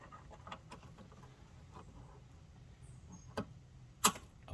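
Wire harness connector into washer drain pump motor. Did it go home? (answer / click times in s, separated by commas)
yes / 3.4 s, 4.1 s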